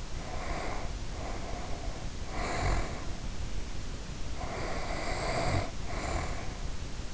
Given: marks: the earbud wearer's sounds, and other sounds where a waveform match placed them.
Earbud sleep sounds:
sounds in sleep by an in-ear microphone; breath, snoring breath
0.00-3.38 s: breath
4.29-6.72 s: snoring breath

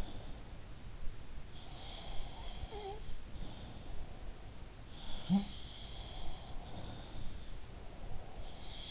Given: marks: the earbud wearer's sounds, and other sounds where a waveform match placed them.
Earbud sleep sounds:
sounds in sleep by an in-ear microphone; breath
0.00-0.48 s: sound from someone else or the room
1.71-4.07 s: sound from someone else or the room
4.94-8.91 s: sound from someone else or the room
5.74-8.91 s: breath

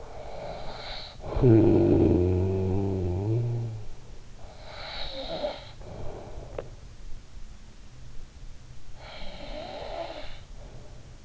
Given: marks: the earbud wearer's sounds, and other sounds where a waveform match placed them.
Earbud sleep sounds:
sounds in sleep by an in-ear microphone; snoring breath
0.00-4.22 s: snoring breath
4.38-6.75 s: snoring breath
8.80-11.25 s: snoring breath

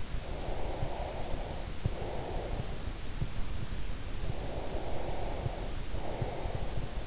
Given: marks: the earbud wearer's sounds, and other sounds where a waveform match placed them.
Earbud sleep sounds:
sounds in sleep by an in-ear microphone; breath
0.14-2.85 s: breath
4.18-7.07 s: breath

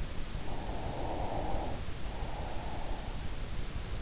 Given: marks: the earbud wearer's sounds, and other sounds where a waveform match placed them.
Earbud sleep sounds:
sounds in sleep by an in-ear microphone; breath
0.21-3.28 s: breath

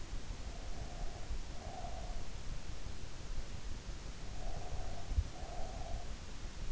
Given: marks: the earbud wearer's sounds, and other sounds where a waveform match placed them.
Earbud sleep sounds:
sounds in sleep by an in-ear microphone; breath
0.48-2.36 s: breath
4.36-6.37 s: breath

